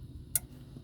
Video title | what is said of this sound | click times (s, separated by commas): How to Prevent Expensive Jeep AC Repair | push it down till it clicks | 0.4 s